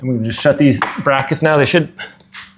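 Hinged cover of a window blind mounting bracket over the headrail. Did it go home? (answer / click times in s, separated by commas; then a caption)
no / none. Someone talks while the hinged front cover of a mounting bracket for an inside-mount 2.5-inch faux wood window blind is being closed over the headrail. Only the voice is heard, with a faint noise near the end. The clip ends before the cover snaps into place, so nothing has seated or clicked yet.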